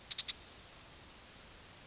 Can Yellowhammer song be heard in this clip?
no